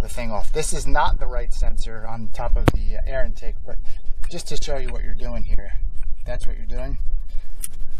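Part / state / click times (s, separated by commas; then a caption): wiring connector on an engine sensor / released / 7.6 s. Someone talks while demonstrating on a sensor on top of the air intake of a Honda Pilot engine, pushing the release tab on the plastic wiring connector and pulling it off the sensor. A sharp click is heard at 7.6 s as the connector clicks open and releases.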